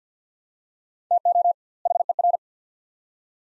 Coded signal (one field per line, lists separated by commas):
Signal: Morse code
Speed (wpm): 50 wpm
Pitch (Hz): 700 Hz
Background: none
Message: TO HER